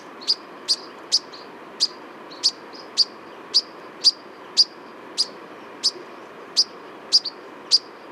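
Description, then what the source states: European Pied Flycatcher producing a regular run of sharp, high tick calls against quiet steady background noise. Perched on a black poplar, white wing bar seen, in winter plumage; refound at the end of a dawn autumn walk at Réserve des Ramières, Drôme, during a heritage festival.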